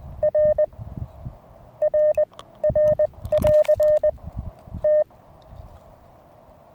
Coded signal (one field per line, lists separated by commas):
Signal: Morse code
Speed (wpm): 20 wpm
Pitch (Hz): 610 Hz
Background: none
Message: R RR <AR> T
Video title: Eight Tips For successful Low Power Radio Contacts.